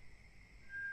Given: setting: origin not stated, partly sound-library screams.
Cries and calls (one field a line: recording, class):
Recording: one-second piece from a danger detection set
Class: normal situation